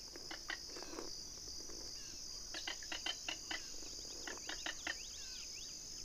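King rail giving bursts of dry, rapid kek notes in short series, with pauses between, against a continuous high-pitched insect drone.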